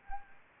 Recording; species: mosquito wingbeat signal from an infrared sensor; Anopheles gambiae